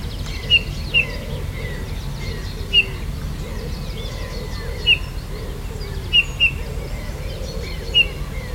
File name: Pyrrhula pyrrhula